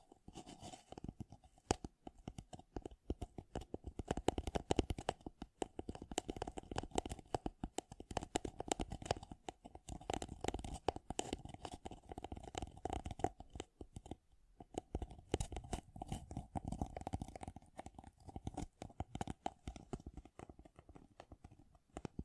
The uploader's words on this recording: ASMR Great Tapping Sounds for Sleep (No Talking).